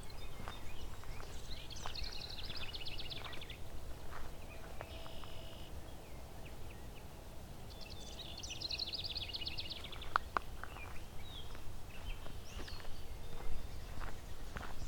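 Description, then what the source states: Yellow Warbler giving bursts of rapid, high chattering notes, two runs several seconds apart, over steady low rumble and scattered clicks. Annoyed; in the morning.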